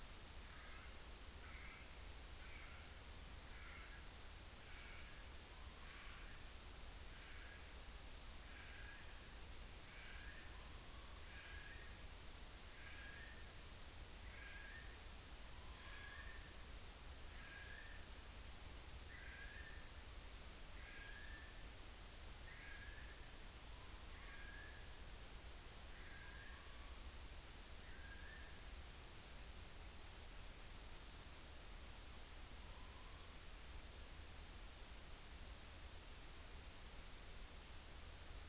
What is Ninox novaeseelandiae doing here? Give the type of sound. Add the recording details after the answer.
trill. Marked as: faintness 5/5. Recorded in New Zealand on 30 April 2013. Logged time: 02:19. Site Ponui